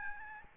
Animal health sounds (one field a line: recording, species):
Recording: mosquito wingbeat signal from an infrared sensor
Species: Aedes albopictus